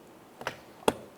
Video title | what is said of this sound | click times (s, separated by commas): How to Replace Rear Impact Sensor 2015-2020 Cadillac Escalade | you're going to hear and feel snap in | 0.9 s